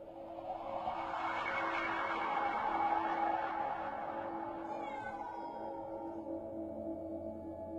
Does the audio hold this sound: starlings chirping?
no